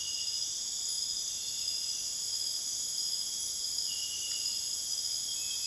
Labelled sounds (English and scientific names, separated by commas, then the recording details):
none
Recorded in dense forest near Puerto Asís, Putumayo, Colombia, on 22 June 2025 at 22:30
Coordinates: 0.484, -76.325
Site H65